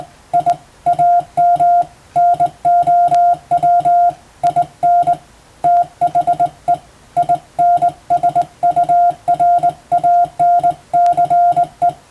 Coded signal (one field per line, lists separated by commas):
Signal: Morse code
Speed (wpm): 21 wpm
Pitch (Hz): 700 Hz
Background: music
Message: I AM NOW IN THE INSURANCE